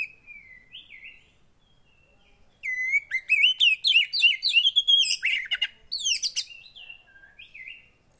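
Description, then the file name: Oriental magpie-robin song: a soft whistled phrase, a quiet pause, then a loud burst of quick rising and falling whistles and chirps before it tapers off. Song that makes a caged kacer (magpie-robin) immediately agitated and excited. "Burung kacer anda langsung emosi dengar ini"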